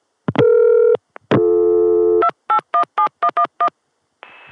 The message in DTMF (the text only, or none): 2817111